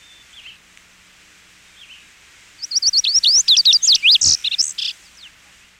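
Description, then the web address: Lazuli bunting song: two faint soft chirps, then a rapid, high, jumbled burst of varied sweeping and buzzy notes lasting nearly three seconds, over a quiet background. "101 Bird Songs. Lazuli Bunting"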